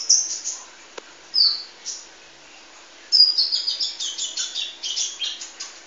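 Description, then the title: Sunbird chirping: a few isolated high squeaks and a click, then a fast, steady burst of thin, rapid chirps filling the second half. "kicau kolibri"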